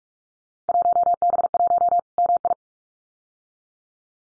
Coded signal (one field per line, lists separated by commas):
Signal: Morse code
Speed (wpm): 46 wpm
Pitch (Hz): 700 Hz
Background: none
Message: 1B1 MI